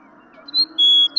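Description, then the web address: Western meadowlark song notes: two clear, high whistles, the second longer and steady. "birdsongforthecurious Western Meadowlark"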